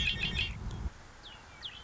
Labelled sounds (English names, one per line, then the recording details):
Red-winged Blackbird
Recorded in Sonoma County, California